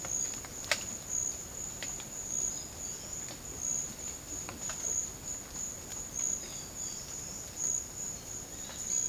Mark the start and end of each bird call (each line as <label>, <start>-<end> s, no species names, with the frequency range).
bird call (3.1-6.7 kHz), 2.58-3.26 s
bird call (2.7-5.9 kHz), 6.33-7.34 s
bird call (2.7-6.3 kHz), 8.52-9.09 s